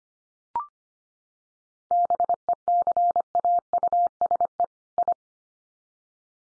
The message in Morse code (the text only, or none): BECAUSE I